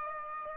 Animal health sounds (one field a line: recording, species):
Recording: mosquito wingbeat signal from an infrared sensor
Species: Aedes aegypti